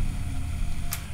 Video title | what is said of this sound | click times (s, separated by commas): Product showcase In-Win GT1 Mid Tower ATX Case | just spread it a little bit to get it to pop in there and there we go it's locked | 0.9 s